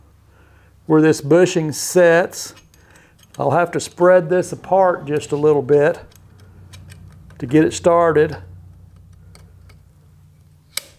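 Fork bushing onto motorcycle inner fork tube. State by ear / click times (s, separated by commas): seated / 10.8 s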